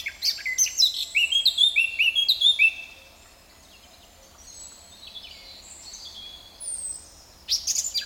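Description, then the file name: Eurasian blackcap song: a run of evenly spaced, sliding whistled notes, then quiet, faint high sounds and a final sharp burst. "Sylvia atricapilla"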